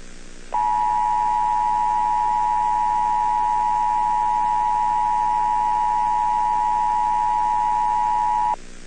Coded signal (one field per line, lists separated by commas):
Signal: Emergency Alert System (SAME) tones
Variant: 853 and 960 Hz attention tone